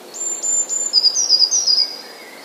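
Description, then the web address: Eurasian blue tit song: a few very high thin introductory notes, then a fast, slightly lower trill of repeated notes; a faint lower whistle follows. "wroblowe teka spiew. modraszkoteka"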